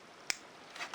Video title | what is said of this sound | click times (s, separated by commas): PARKER CLASSIC FOUNTAIN PEN & RB SET | there we go another satisfying click so there's a writing sample | 0.3 s